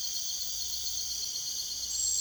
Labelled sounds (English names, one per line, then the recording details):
none
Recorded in secondary vegetation near Puerto Asís, Putumayo, Colombia, on 22 June 2025
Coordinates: 0.488, -76.319
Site G094